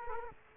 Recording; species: mosquito wingbeat signal from an infrared sensor; Culex quinquefasciatus